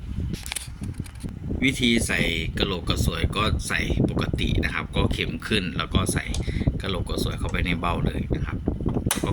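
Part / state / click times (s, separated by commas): bobbin case into sewing machine hook socket / seated / 9.1 s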